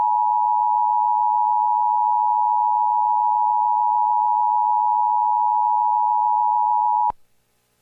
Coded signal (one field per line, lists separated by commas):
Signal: Emergency Alert System (SAME) tones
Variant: 853 and 960 Hz attention tone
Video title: EAS SCENARIO SPECIAL #1 - Flash Flood Getdown